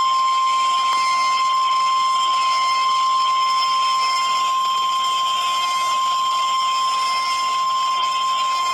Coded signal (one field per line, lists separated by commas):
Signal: Emergency Alert System (SAME) tones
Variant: 1050 Hz attention tone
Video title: EAS Alert #288 (SVA #92 Expansion)